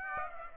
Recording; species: mosquito wingbeat signal from an infrared sensor; Aedes aegypti